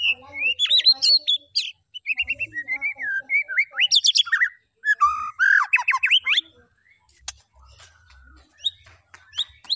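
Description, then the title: White-rumped shama song of flowing whistled phrases and rapid varied notes, dense for six seconds, then fading into scattered faint clicks and soft notes. Lure recording of a loud, vigorously singing bird, used to provoke a response from other birds. "PANCINGAN MEWAH MURAI BATU GACOR, SEKALI DENGAR AMPUH LANGSUNG RESPON"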